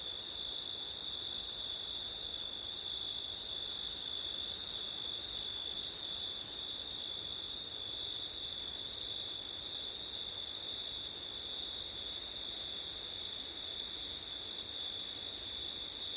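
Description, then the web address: Steady cricket song, a sustained high trill with a higher layer that falters a few times, over soft background noise. Crickets on a September night, recorded with wind; ORTF microphone setup. "audio crickets wind september night ortif"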